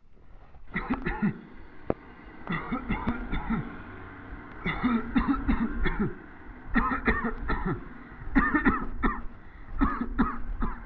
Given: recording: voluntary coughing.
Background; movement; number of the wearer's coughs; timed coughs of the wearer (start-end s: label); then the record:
traffic; sitting; 18
0.75-1.04 s: cough
1.04-1.35 s: cough
2.49-2.82 s: cough
2.88-3.20 s: cough
3.28-3.73 s: cough
4.63-5.13 s: cough
5.13-5.47 s: cough
5.47-5.83 s: cough
5.83-6.18 s: cough
6.73-7.04 s: cough
7.04-7.47 s: cough
7.47-7.84 s: cough
8.33-8.62 s: cough
8.62-9.01 s: cough
9.01-9.39 s: cough
9.78-10.16 s: cough
10.16-10.52 s: cough
10.61-10.84 s: cough
From the record:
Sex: male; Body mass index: 21.0 kg/m2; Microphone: on the chest, facing the body